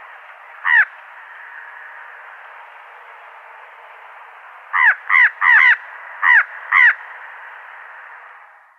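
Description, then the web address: Fan-tailed raven calling: one brief caw, a long pause, then a rapid burst of several arched caws against constant hiss. "Schulze Peter Fan-tailed Raven"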